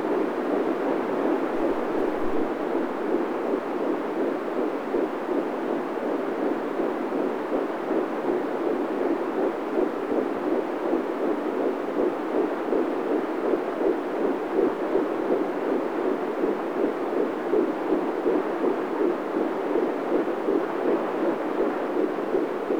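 Muffled, rhythmic pulsing at about 81 a minute sits under a steady whooshing rumble, with the beats only moderately distinct. A heartbeat with an even pace.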